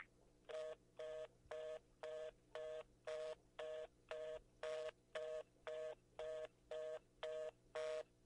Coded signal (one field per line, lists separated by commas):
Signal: telephone call progress tone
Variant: North America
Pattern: reorder tone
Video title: EAS Scenario: Ready Set Learn